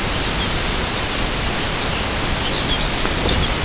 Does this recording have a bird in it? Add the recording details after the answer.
yes. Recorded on Arctic tundra, site UTQI-0, on 13 June 2019. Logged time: 00:00